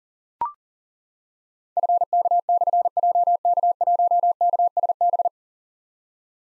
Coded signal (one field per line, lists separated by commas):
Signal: Morse code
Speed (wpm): 39 wpm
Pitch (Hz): 700 Hz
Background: none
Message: FK/JK1KSB